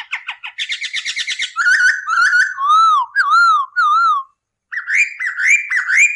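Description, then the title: Masked laughingthrush song opening with rapid stuttering notes, then clear slurred whistles, a brief gap, and more slurred whistled phrases. Cage-bird training recording of a bird singing persistently (gacor). "SUARA BURUNG POKSAY HONGKONG GACOR"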